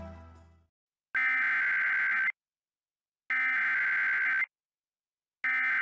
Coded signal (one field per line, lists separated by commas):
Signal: Emergency Alert System (SAME) tones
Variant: header bursts